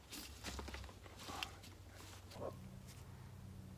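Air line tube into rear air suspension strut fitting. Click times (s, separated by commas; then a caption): 1.4 s. A plastic air supply tube is pushed down into the push-in fitting on the rear air suspension strut of a 2005 BMW X5 E53, with its small black bracket lined up in the divot. Handling noises and scuffs lead to a short, sharp click at 1.4 s as the tube seats in the fitting. The air line is back in place.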